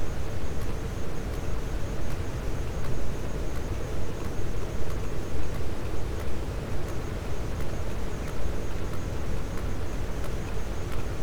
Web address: Physeter Macrocephalus cachalot